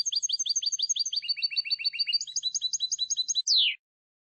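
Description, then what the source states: Goldfinch song of quick repeated high chirping pairs, shifting to a new trilled phrase, then a sharp falling nasal note at the end. Clean goldfinch song for copying, used to train song.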